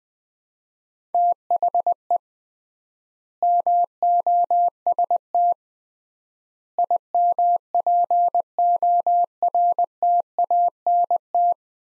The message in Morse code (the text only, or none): THE MOST IMPORTANT